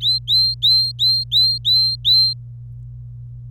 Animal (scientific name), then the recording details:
Serinus canaria. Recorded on 25 April 2018 at 14:53. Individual llb3